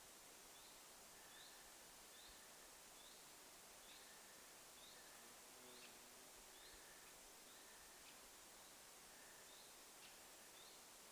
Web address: paivat 18 8 2026 yleisin tiltaltin aanityyppi tana vuonna tahan asti